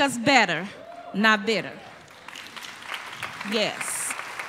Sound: applause

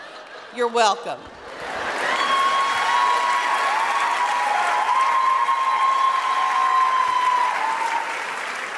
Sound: laughter and big applause

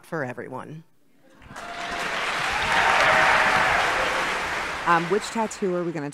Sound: applause

